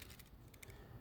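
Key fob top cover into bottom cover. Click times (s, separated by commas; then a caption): 0.6 s. After the CR2032 coin cell is replaced in a 2011–2018 Land Rover/Range Rover/Jaguar key fob, the top plastic cover is aligned with the bottom half and pressed together. A few faint ticks lead up to a sharp, bright click at 0.6 s as the cover snaps back into position, seated.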